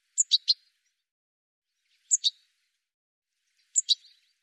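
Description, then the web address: Bird giving three bursts of two or three sharp, high chirps, each burst roughly two seconds apart, over otherwise silent background. "cianscape birddata"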